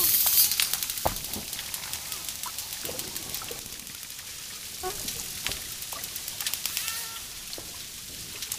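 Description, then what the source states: Dolphin clicking in fast, fairly irregular trains, with a faint short whistle toward the end, over a wash of splashing water. Dolphin clicking and whistling, with water splashes.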